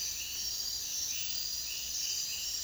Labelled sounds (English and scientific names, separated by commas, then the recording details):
none
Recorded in dense forest near Puerto Asís, Putumayo, Colombia, on 22 June 2025 at 03:00
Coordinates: 0.466, -76.327
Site GP04